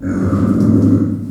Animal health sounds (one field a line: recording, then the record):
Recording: squeal of a Yucatan mini pig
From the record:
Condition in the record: after surgery on the right vocal fold (resection and tissue-engineered implant)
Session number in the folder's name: 7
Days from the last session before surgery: 47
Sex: female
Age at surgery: 19 weeks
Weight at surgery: 25 kg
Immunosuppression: prednisolone